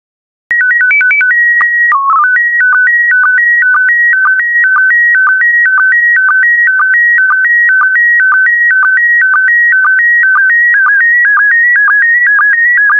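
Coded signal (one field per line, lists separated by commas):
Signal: SSTV (slow-scan television)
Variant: PD 120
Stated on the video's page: SSTV in PD120 format carrying images of hawks and falcons.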